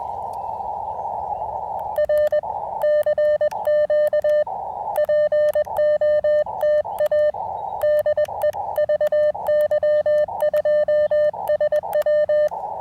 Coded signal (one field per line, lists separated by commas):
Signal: Morse code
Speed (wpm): 20 wpm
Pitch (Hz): 600 Hz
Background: none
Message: R CQ POTA DE VY2SW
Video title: Fort Wellington POTA: Can the AX1 Deliver During Rough Band Conditions?